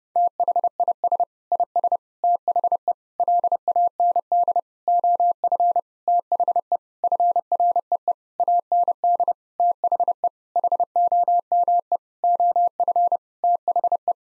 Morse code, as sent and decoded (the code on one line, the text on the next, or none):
- .... .. ... / .. ... / - .... . / .-.. .- -. -.. / --- ..-. / - .... . / ..-. .-. . . / .- -. -.. / - .... . / .... --- -- . / --- ..-. / - .... .
THIS IS THE LAND OF THE FREE AND THE HOME OF THE